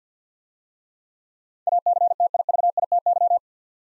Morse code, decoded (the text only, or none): ACTIVITY